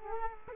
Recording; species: mosquito wingbeat signal from an infrared sensor; Culex quinquefasciatus